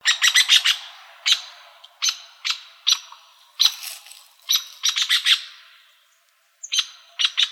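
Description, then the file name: Strickland's woodpecker calling in bursts of sharp, high notes, several rapid clusters spaced throughout with a brief pause before the last notes. Arizona, 28 May 2006. "deviche"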